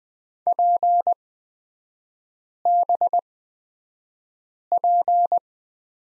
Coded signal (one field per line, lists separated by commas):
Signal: Morse code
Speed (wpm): 20 wpm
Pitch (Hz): 700 Hz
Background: none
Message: PBP